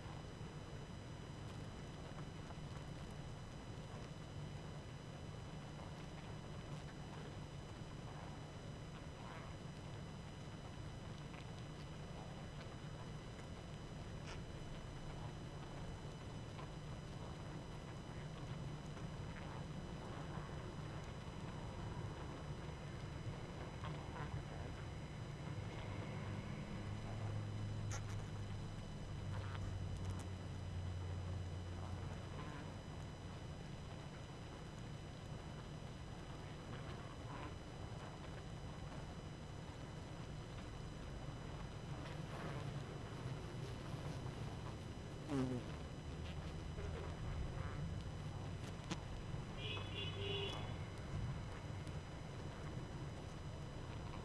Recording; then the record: honeybee colony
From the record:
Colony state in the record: active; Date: 12 June 2018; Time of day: 21:59